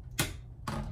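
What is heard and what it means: A RAM module is pressed into a motherboard DIMM slot, and a further press brings it fully home. Sharp clicks are heard at 0.2 and 0.7 seconds, and the stick ends up fully seated and snug.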